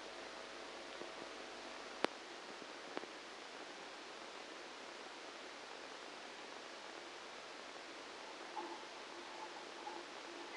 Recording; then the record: brain microelectrode recording played as sound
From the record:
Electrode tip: outside the subthalamic nucleus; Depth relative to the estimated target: -10 mm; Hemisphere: left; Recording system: NeuroSet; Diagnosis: Parkinson's disease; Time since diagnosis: 8 years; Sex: male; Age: 58 years